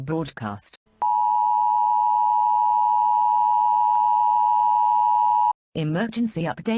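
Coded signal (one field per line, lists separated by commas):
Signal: Emergency Alert System (SAME) tones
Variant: 853 and 960 Hz attention tone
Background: speech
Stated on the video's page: Fictional EAS scenario.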